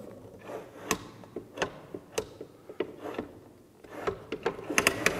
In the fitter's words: wir haben hier einige Winkel, wo das Ganze so leicht einrastet.